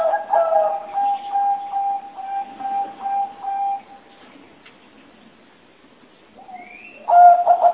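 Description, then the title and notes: Spotted dove coos repeated in a steady series of low, mellow notes, then a pause and a fresh cooing phrase at the end, with faint ticking noises. Spotted dove calls used as a lure for trapping. "Pikat Burung Tekukur. Kumpulan suara burung tekukur"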